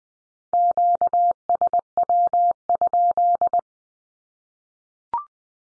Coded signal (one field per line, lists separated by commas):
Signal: Morse code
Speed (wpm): 20 wpm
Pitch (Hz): 700 Hz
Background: none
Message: QSW?